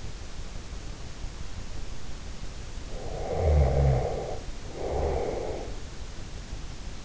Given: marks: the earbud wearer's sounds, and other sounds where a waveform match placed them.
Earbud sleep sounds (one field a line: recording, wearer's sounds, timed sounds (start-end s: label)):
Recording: sounds in sleep by an in-ear microphone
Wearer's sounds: snoring breath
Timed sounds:
2.81-5.87 s: snoring breath